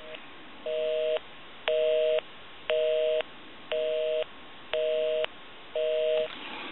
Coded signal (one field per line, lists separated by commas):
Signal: telephone call progress tone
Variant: North America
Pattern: busy tone